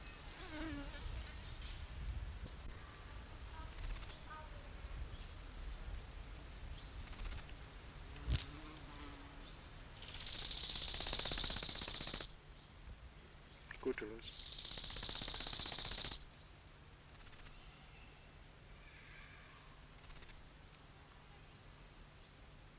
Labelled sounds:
Small Gold Grasshopper stridulation

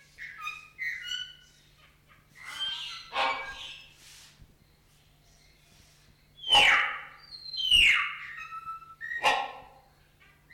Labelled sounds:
Common Hill Myna

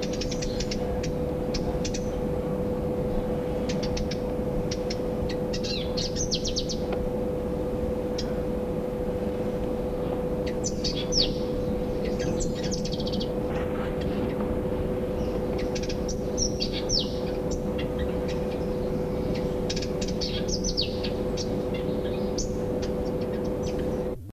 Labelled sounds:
Variable Sunbird call

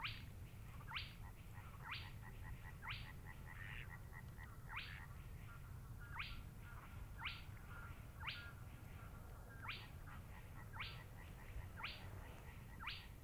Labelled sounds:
Spotted Crake

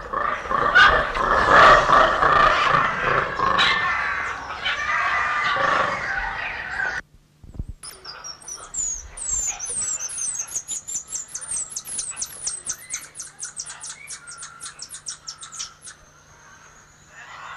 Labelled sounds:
Golden Lion Tamarin call

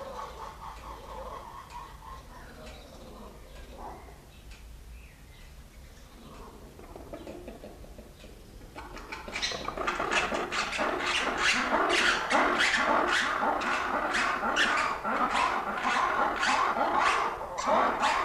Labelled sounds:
Black-and-white Ruffed Lemur

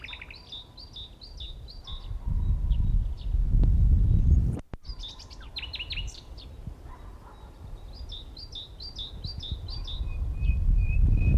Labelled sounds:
Common Nightingale song

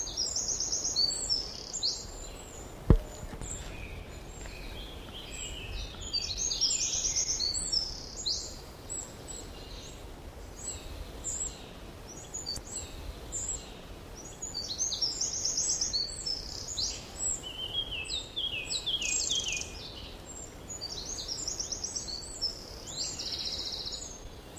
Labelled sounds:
Eurasian Blackcap song

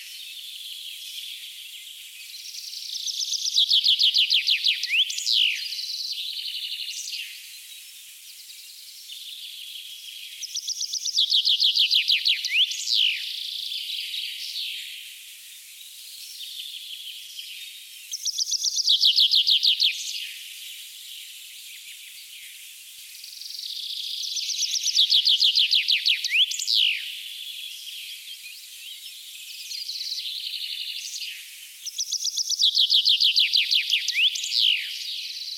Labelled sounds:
Common Chaffinch song

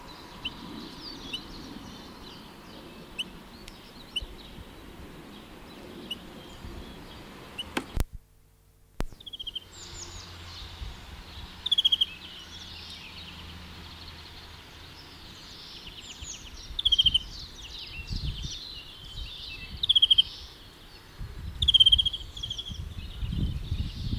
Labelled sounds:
Eurasian Bullfinch call

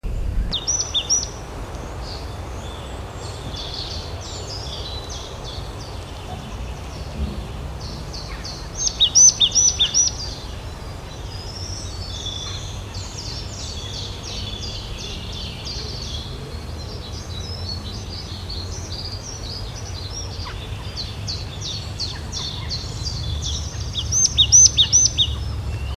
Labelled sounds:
Marsh Tit song

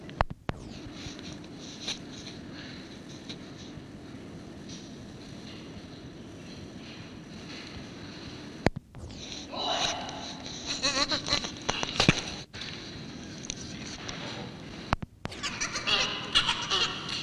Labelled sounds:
Chimpanzee

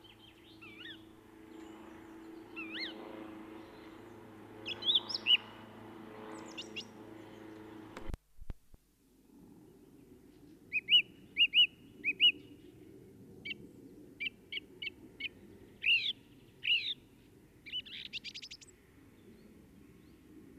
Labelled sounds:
Song Thrush song

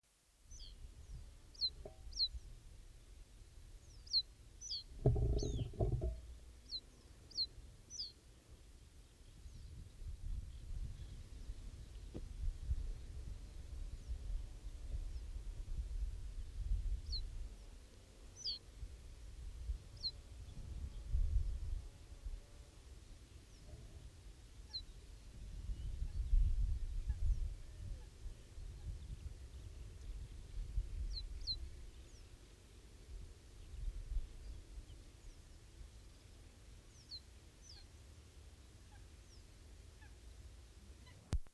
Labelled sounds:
Reed Bunting song

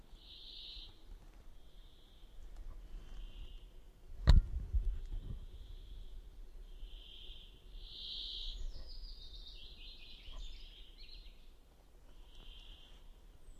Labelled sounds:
Common Redstart song

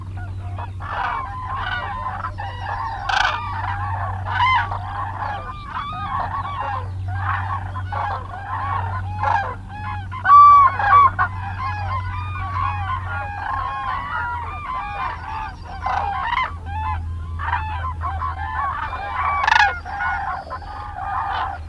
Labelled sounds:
Common Crane call

